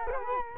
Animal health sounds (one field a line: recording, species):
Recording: mosquito wingbeat signal from an infrared sensor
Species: Culex quinquefasciatus